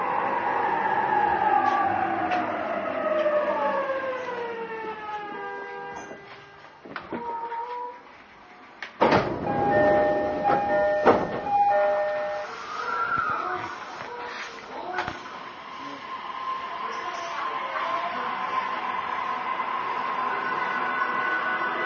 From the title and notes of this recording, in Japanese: JRE233系 横浜ー小田原。ICレコダーで録音しています。乗車の列車は小田原行の列車です。JRE233系3000番台〜。